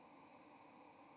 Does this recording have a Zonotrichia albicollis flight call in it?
no